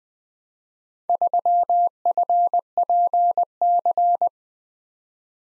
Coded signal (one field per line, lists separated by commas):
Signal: Morse code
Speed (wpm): 20 wpm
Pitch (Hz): 700 Hz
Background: none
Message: 3FPC